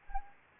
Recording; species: mosquito wingbeat signal from an infrared sensor; Anopheles gambiae